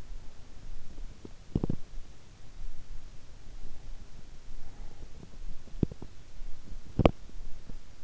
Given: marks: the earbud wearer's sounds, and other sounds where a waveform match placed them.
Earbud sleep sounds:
sounds in sleep by an in-ear microphone; teeth grinding
0.96-2.31 s: teeth grinding
4.90-8.04 s: teeth grinding

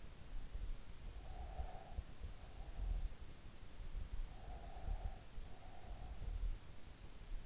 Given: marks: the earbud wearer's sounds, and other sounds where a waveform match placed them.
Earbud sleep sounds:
sounds in sleep by an in-ear microphone; breath
0.91-2.90 s: breath
4.23-6.70 s: breath

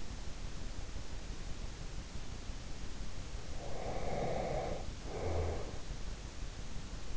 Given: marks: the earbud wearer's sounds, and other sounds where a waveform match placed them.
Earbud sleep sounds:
sounds in sleep by an in-ear microphone; breath
3.64-5.95 s: breath

